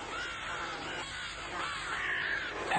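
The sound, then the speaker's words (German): Harsh crow caws ring out repeatedly over a steady, hissy background, several birds calling in overlapping, rasping bursts at moderate loudness with no talking, as the birds attack and peck. “Und die Vögel hacken, das ist scheußlich.”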